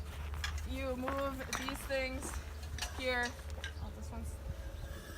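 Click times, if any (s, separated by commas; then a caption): none. Someone talks while moving the metal parts of a cattle headlock's latch mechanism, with sharp metallic clanks around 0.3 s, 0.4 s and 3.6 s. The latch fails to work because the mechanism does not engage, and nothing has seated or clicked yet.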